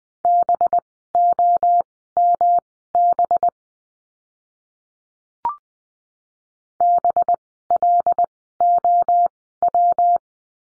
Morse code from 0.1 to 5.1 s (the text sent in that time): BOMB